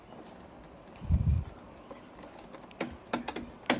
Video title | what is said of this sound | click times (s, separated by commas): LG front load washing machine service washer gasket replace | okay, இப்போ lock பண்ணியாச்சு. | 3.7 s